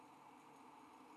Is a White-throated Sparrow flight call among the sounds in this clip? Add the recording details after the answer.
no. No flight call is heard. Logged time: 03:39 on 5 December 2014